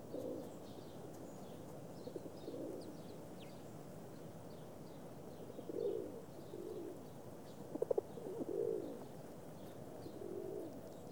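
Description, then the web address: Pigeon giving low, throaty coos in short rounded phrases at irregular intervals, with faint clicks and light background hiss. "голуби"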